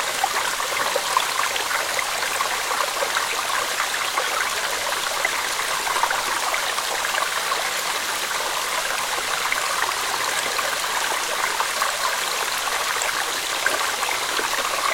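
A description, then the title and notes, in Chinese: Water flows steadily through a forest stream, a dense, even rush with no pauses across the whole stretch. The sound sits mostly in the bright, hissy range with little low rumble, and fine splashes and trickles flicker constantly within it. 月光下的森林流水。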